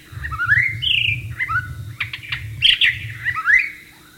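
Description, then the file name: White-rumped shama song: long upslurred and downslurred whistles and a few sharp clicks, over a continuous low rumble. Wild bird, in the wild. "suara burung murai batu di alam liar"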